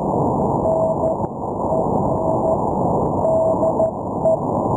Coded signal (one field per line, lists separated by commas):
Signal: Morse code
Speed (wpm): 12 wpm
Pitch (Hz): 650 Hz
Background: none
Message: NEI DE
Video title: CW Morse Code QSO's 02 May 2020 - Real QSO's